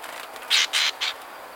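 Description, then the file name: Red-breasted Nuthatch calls: three short nasal notes in quick succession, the third a little softer, over a steady background hiss. "Sitta canadensis - Red-breasted Nuthatch"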